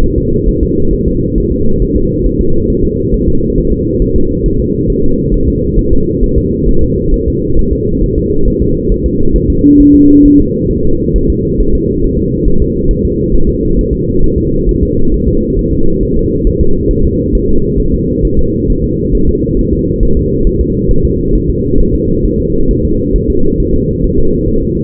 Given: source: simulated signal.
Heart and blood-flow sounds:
fetal heart sounds
0.04 s: S1
0.18 s: S2
0.49 s: S1
0.63 s: S2
0.93 s: S1
1.08 s: S2
1.38 s: S1
1.52 s: S2
1.82 s: S1
1.97 s: S2
2.26 s: S1
2.41 s: S2
2.70 s: S1
2.85 s: S2
3.14 s: S1
3.29 s: S2
3.58 s: S1
3.72 s: S2
4.02 s: S1
4.16 s: S2
4.46 s: S1
4.60 s: S2
4.90 s: S1
5.04 s: S2
5.34 s: S1
5.48 s: S2
5.79 s: S1
5.93 s: S2
6.24 s: S1
6.38 s: S2
6.69 s: S1
6.83 s: S2
7.14 s: S1
7.28 s: S2
7.59 s: S1
7.73 s: S2
8.04 s: S1
8.18 s: S2
8.48 s: S1
8.62 s: S2
8.92 s: S1
9.06 s: S2
9.36 s: S1
9.50 s: S2
9.80 s: S1
9.95 s: S2
10.25 s: S1
10.40 s: S2
10.71 s: S1
10.85 s: S2
11.16 s: S1
11.30 s: S2
11.60 s: S1
11.75 s: S2
12.04 s: S1
12.19 s: S2
12.48 s: S1
12.62 s: S2
12.91 s: S1
13.05 s: S2
13.34 s: S1
13.49 s: S2
13.79 s: S1
13.93 s: S2
14.24 s: S1
14.38 s: S2
14.69 s: S1
14.83 s: S2
15.14 s: S1
15.28 s: S2
15.59 s: S1
15.73 s: S2
16.03 s: S1
16.17 s: S2
16.47 s: S1
16.61 s: S2
16.91 s: S1
17.05 s: S2
17.35 s: S1
17.49 s: S2
17.80 s: S1
17.94 s: S2
18.25 s: S1
18.39 s: S2
18.70 s: S1
18.84 s: S2
19.15 s: S1
19.29 s: S2
19.59 s: S1
19.73 s: S2
20.03 s: S1
20.17 s: S2
20.47 s: S1
20.61 s: S2
20.91 s: S1
21.05 s: S2
21.35 s: S1
21.50 s: S2
21.80 s: S1
21.95 s: S2
22.26 s: S1
22.40 s: S2
22.71 s: S1
22.85 s: S2
23.16 s: S1
23.30 s: S2
23.60 s: S1
23.74 s: S2
24.04 s: S1
24.18 s: S2
24.48 s: S1
24.63 s: S2
From the record:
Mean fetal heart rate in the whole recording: 135 bpm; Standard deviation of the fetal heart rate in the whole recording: 3 bpm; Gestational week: 36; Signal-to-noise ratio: -17.7 dB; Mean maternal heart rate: 72 bpm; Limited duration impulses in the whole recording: present

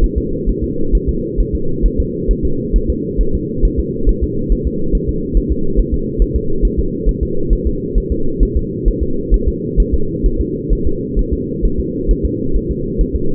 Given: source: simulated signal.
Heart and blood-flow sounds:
fetal heart sounds
0.04 s: S1
0.18 s: S2
0.49 s: S1
0.64 s: S2
0.95 s: S1
1.09 s: S2
1.40 s: S1
1.55 s: S2
1.86 s: S1
2.00 s: S2
2.31 s: S1
2.45 s: S2
2.76 s: S1
2.90 s: S2
3.21 s: S1
3.35 s: S2
3.65 s: S1
3.80 s: S2
4.09 s: S1
4.24 s: S2
4.52 s: S1
4.67 s: S2
4.95 s: S1
5.09 s: S2
5.37 s: S1
5.52 s: S2
5.79 s: S1
5.94 s: S2
6.22 s: S1
6.36 s: S2
6.65 s: S1
6.79 s: S2
7.09 s: S1
7.23 s: S2
7.53 s: S1
7.67 s: S2
7.98 s: S1
8.12 s: S2
8.43 s: S1
8.57 s: S2
8.88 s: S1
9.03 s: S2
9.34 s: S1
9.48 s: S2
9.80 s: S1
9.94 s: S2
10.26 s: S1
10.41 s: S2
10.73 s: S1
10.87 s: S2
11.19 s: S1
11.33 s: S2
11.65 s: S1
11.80 s: S2
12.11 s: S1
12.26 s: S2
12.56 s: S1
12.71 s: S2
13.01 s: S1
13.16 s: S2
From the record:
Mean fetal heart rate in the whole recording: 135 bpm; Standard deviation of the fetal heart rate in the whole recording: 3 bpm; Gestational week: 36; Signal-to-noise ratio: -8.1 dB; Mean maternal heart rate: 72 bpm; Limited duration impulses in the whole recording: absent

